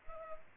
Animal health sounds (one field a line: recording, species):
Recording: mosquito wingbeat signal from an infrared sensor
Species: Culex pipiens